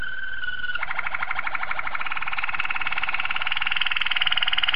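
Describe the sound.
Domestic canary song: a smooth two-toned note shifts into a rapid rattling trill that continues and grows slightly stronger to the end.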